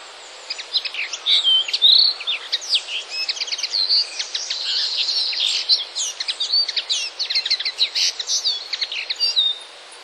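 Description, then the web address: Common linnet song: a long, rambling stream of rapid twitters, chirps and short trills running almost without pause throughout. "wroblowe kolekcja makolagwa"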